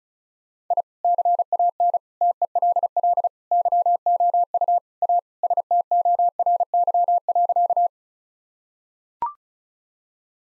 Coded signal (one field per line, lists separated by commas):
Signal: Morse code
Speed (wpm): 36 wpm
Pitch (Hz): 700 Hz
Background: none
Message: I CAN TELL YOU A STORY.